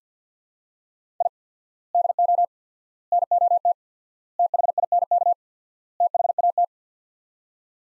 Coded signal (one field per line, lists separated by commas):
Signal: Morse code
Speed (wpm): 48 wpm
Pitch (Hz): 700 Hz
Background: none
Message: I DO NOT THINK THAT